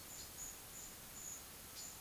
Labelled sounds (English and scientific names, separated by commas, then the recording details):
none
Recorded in pastures near Puerto Asís, Putumayo, Colombia, on 19 June 2025 at 12:30
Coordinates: 0.487, -76.322
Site H26